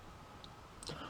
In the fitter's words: comme pour le mode pistolet, ça va se clipser comme ceci.